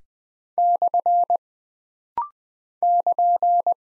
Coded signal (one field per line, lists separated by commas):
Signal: Morse code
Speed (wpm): 20 wpm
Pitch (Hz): 700 Hz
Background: none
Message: / <KN>